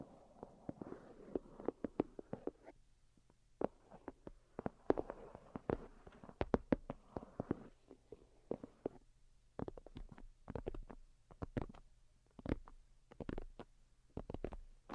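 Delicate tapping sounds in irregular clusters, sharp little clicks arriving several times a second with brief pauses between runs. A soft, low rustling texture fills the first half behind the taps, and a faint steady low hum runs underneath throughout.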